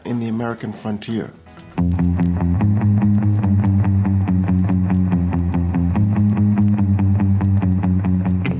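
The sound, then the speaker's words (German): A short stretch of speech gives way to recorded music drenched in reverb: a steady, evenly pulsing beat over sustained low tones that ring and blur into one another, loud and continuous. “Hall unterstreicht hier die Bedeutung von Raum.”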